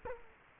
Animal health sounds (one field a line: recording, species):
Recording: mosquito wingbeat signal from an infrared sensor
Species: Culex quinquefasciatus